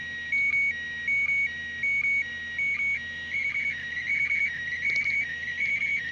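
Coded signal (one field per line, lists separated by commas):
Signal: SSTV (slow-scan television)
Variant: PD180 mode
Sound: warbling tone stepping between two pitches, with short low sync blips every three-quarter second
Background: radio static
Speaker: on va voir ce que ça donne par contre au début je prévenir l'image est un peu tordu et offert mesure le logiciel veulent gérer et va leur remettre droit donc c'est parti alors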